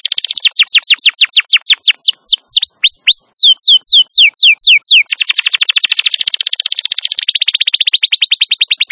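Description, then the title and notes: Canary song: a series of descending whistled sweeps, a few hooked notes, then slower sweeps, ending in a long rapid trill of very quick repeated notes. Wild canary song used as a master recording for luring and training canaries; described as a long, highly active singer. "Pikat Kenari GACOR PANJANG INI Cocok Untuk Masteran KENARI LIAR. Masteran burung kenari gacor parah"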